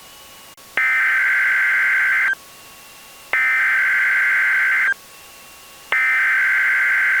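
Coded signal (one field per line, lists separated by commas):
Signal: Emergency Alert System (SAME) tones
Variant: header bursts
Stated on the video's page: Mock severe thunderstorm EAS event, using borrowed NOAA Weather Radio EAS tone endings.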